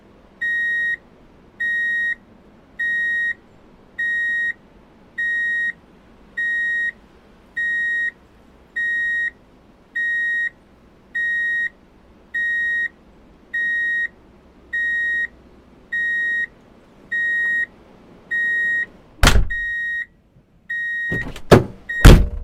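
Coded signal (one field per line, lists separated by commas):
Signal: alarm pattern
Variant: vehicle back-up beeper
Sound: steady high beeps repeating about once a second, around 19, then loud clunks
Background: mechanical clunks at end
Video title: Drive in Reverse Beep Alert - Sound Effect [4K]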